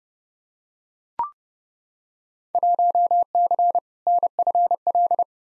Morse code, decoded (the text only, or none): 1C NFL